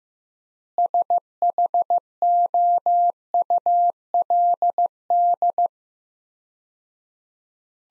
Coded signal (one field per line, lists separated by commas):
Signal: Morse code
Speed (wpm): 15 wpm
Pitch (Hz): 700 Hz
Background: none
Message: SHOULD